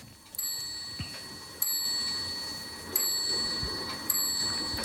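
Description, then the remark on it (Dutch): A pendulum clock with a swinging copper weight ticks steadily, four sharp metallic beats spaced about a second and a quarter apart, each leaving a faint high ringing that hangs between strokes. No one speaks. “Klok, ik heb je. Slingert langs mijn linkeroor het koperwicht des tijds.”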